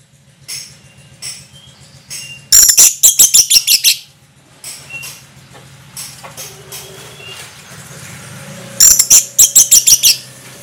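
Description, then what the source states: Orange-headed thrush delivering rapid bursts of high, clipped notes in quick series, separated by quieter gaps with soft scattered calls and a low background hum. Orange-headed thrush, locally called anis merah, singing in the gacor ngeplong style.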